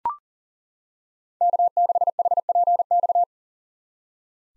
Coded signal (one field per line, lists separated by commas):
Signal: Morse code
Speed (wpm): 40 wpm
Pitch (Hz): 700 Hz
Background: none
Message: K6HPX